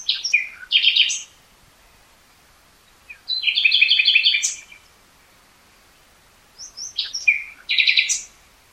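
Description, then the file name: Common nightingale song: three phrases of loud, fast repeated notes and rattles separated by two-second silences. "Luscinia megarhynchos"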